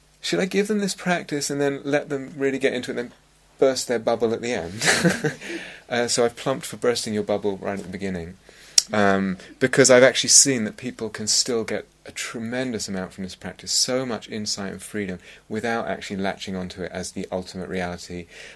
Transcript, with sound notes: "Should I give them this practice, and then let them really get into it, and then burst their bubble at the end?" [laughter] So I've plumped for bursting your bubble right at the beginning, because I've actually seen that people can still get a tremendous amount from this practice, so much insight and freedom, without actually latching on to it as the ultimate reality.